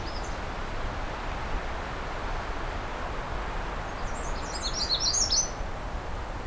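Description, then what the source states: Magnolia Warbler with a quick, high, slurred phrase near the end, after a faint brief note at the start, over a steady hiss. Recorded close up in the afternoon, when songs are less dense, heading north from a cottage community toward a nature reserve, through black spruce with a little birch.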